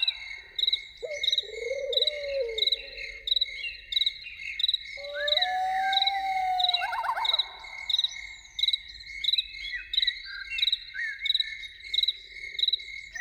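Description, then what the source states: Loon calling twice, first a wavering mid-pitched note, then a longer level wail, with dense rhythmic cricket chirping throughout. Evening soundscape.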